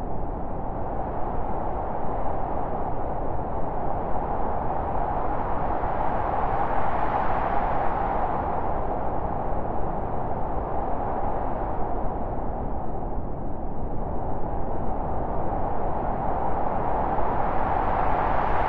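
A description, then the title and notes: Cold arctic wind roars steadily and densely, a low rushing mass whose brighter upper whoosh swells and fades in slow gusts throughout. Chill Artic winds noise.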